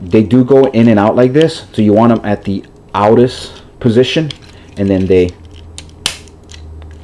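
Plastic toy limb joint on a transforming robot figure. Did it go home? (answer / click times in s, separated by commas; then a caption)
yes / 6.1 s. Someone talks while moving plastic parts on a Transformers Armada Wheeljack (Rampage) transforming robot action figure forward into their outward position during transformation. A loud, sharp click is heard at 6.1 s as the toy joint seats into position, followed by a few fainter ticks.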